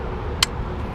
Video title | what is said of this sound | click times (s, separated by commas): IZIP E3 Vida Review - $2.7k | listen for the click there | 0.4 s